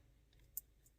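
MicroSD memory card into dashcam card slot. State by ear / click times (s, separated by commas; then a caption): seated / 0.6 s. A microSD memory card, printed side facing the person inserting it, is pushed lightly into the card slot of a Qubo Car Dashcam Pro 3K until it locks. A single short, sharp tick at 0.6 s stands out over a quiet low hum, and the card is seated in the slot.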